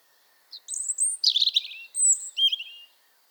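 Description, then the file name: European robin singing a varied phrase: very high thin whistles, a dense warbled jumble in the middle, then clear descending whistles. "Erithacus rubecula"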